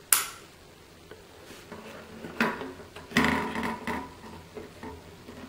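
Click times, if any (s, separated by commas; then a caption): 0.1 s. The clipped-on VRM heatsink is removed from a graphics card by pressing on its clips. The clips release with a sharp hit at 0.1 s, followed by handling clatter of the metal heatsink with louder knocks around 2.4, 3.2 and 3.9 seconds. The heatsink is released.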